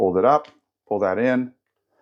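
Someone talks while handling the folding stock of an ASG CZ Scorpion EVO 3 A1 6mm AEG airsoft gun, folding it up and pulling it in against the receiver toward its closed-position latch. Two short bursts of speech are followed by near silence and a faint rustle at the very end. Nothing has seated or clicked yet.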